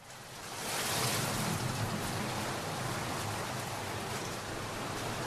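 Steady rain falls in a continuous, dense hiss, swelling up over the first second and then holding at an even, fairly loud level with no voices.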